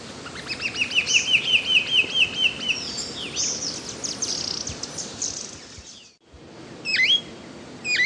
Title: LuckyPassaro Completos2Sama. Green-backed Becard (Pachyramphus viridis)